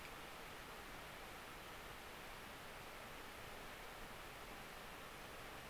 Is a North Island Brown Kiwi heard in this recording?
no